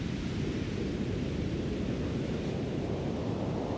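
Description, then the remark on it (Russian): Steady, dense rush of ocean waves, a constant low-heavy roar with hissing wash and no distinct breaks between surges, continuing evenly throughout without any voices. “Они долгое время смотрят друг на друга под шум волн.”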